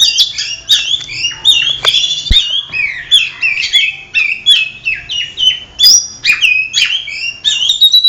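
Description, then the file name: Oriental magpie-robin song, busy overlapping whistled and scratchy phrases that rise and fall continuously, with occasional sharp clicks. Kacer song simulating an Indonesian songbird contest. "audio simulasi lomba untuk kacer omkicau"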